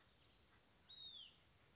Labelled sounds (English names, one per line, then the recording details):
Hutton's Vireo
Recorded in Sonoma County, California